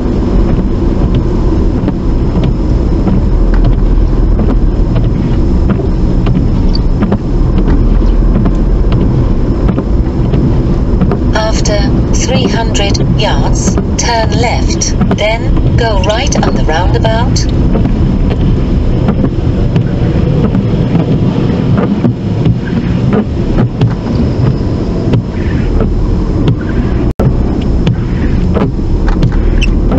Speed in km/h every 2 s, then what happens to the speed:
34, 32, 29, 32, 39, 40, 37, 34, 29, 11, 0, 3, 13, 16, 23.
0-5 steady at about 32. 5-11 speeds up to 40. 11-20 brakes to 0. 20-30 pulls away to 23.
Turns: none.